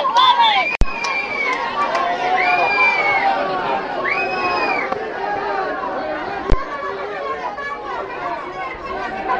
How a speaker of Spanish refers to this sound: La gente está haciendo una sentada a la puerta del ayuntamiento. Son las 10:30 de la noche y seguimos en Loeches.